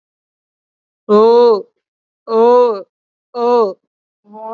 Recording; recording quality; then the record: sustained vowel as in boot; excellent, no background noise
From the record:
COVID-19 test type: RT-PCR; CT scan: not taken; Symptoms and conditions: none ticked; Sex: female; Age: 61 years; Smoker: no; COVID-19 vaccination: both doses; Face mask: worn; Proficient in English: yes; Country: India